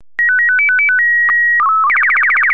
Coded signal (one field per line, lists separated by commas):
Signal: SSTV (slow-scan television)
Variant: Robot BW 8